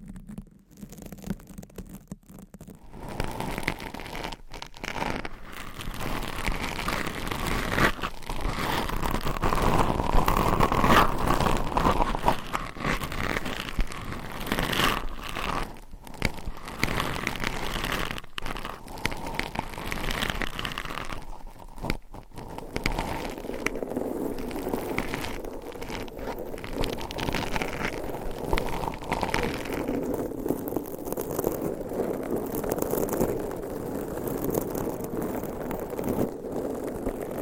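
Nails scratch across different microphone covers in a dense, continuous rasping texture that shifts in tone as the surfaces change. After a sparse, crackly start, the scratching thickens and peaks around ten seconds, then settles into a lower, fuzzier rub in the second half.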